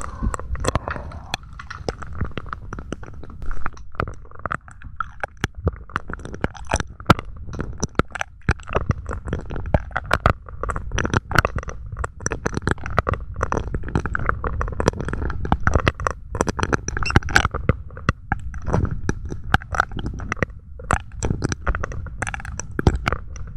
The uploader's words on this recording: ASMR mouth sounds + mic pumping, swirling, tapping, and gripping.